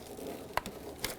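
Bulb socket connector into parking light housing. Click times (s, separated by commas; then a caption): 0.6 s. A bulb socket wiring connector on a 1995–2004 Toyota Tacoma is pushed into the back of the plastic parking light housing. It clicks sharply at 0.6 s, followed by a softer tick at 0.7 s and another click at 1.0 s. The connector is seated.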